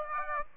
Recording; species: mosquito wingbeat signal from an infrared sensor; Aedes aegypti